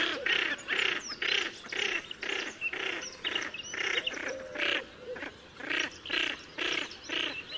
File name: Fuligule milouin